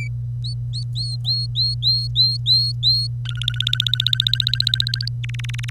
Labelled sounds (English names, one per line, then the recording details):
Domestic Canary song
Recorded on 25 April 2018 at 07:15
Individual llb3